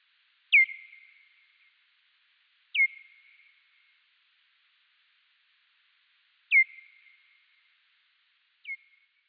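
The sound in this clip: Pipistrelle calls as four loud, steeply falling chirps with drawn-out fading tails, unevenly spaced, the last one softer, with silence between them.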